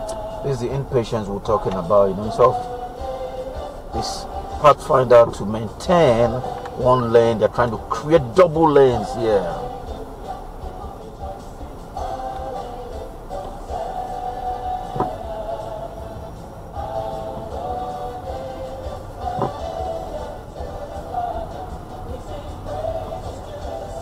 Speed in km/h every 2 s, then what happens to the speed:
5, 5, 6, 6, 5, 5, 3, 5, 8, 8, 10, 8.
0-13 steady at about 5. 13-20 speeds up to 10.